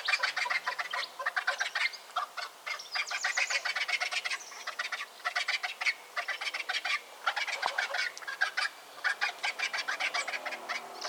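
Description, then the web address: Vulture calls: dense, grating cackles in fast pulsed bursts, repeated with short gaps throughout, harsh and noisy in tone. "animal-sound vulture-sound"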